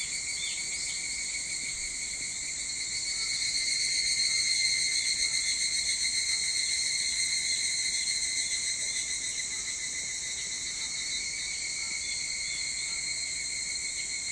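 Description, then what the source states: Evening cicada chorus, a dense continuous high-pitched ringing drone with faint pulsing overtones, swelling slightly in the middle. Recorded 22 July 2023 at 04:40.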